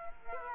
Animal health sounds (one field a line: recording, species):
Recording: mosquito wingbeat signal from an infrared sensor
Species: Culex quinquefasciatus